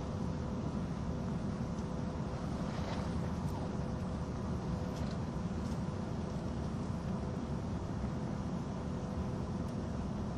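A train runs along the Gotthard Base Tunnel route, a steady, dense rumble that stays heavy and low throughout. A thin constant tone rides above the roar, and faint clicks and brief brighter rattles surface around three and five seconds.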